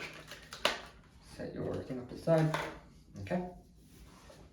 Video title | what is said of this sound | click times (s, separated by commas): $500 Budget PC Gaming PC build (In depth build guide) | make sure it clicks like so | 0.7 s